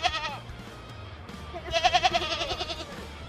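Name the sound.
goat bleating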